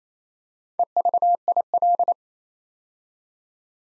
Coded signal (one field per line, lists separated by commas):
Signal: Morse code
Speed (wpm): 28 wpm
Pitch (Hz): 700 Hz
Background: none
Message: EVIL